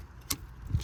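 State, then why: Seated. An electrical wiring connector is pushed into its socket on a new window regulator motor for a 2002-2009 Chevy Trailblazer. A sharp, bright click at 0.3 s shows the connector seating, followed by a duller low thump near 0.8 s. The connector is confirmed clicked in and in place.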